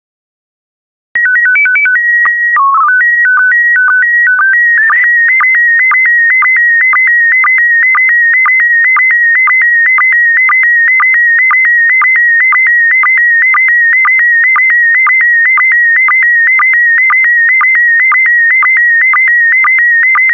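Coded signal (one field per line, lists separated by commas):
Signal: SSTV (slow-scan television)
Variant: PD120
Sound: VIS header tones then steady warbling tone with regular low sync blips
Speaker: get ready starting transmission in 5 4 3 2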